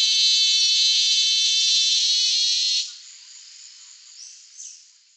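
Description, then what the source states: Cicada call: a loud, steady, harsh buzz that cuts off sharply after about three seconds, leaving only faint quiet sounds. Call described as a 'motorchain' sound.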